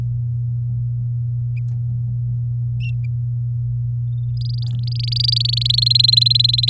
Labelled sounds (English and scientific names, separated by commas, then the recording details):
Domestic Canary (Serinus canaria) song
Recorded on 8 May 2018 at 07:08
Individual llb16